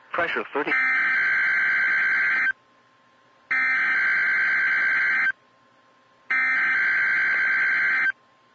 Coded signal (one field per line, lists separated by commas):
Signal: Emergency Alert System (SAME) tones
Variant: header bursts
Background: speech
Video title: Wakefield Required Weekly Test on KEC92 (EAS #872)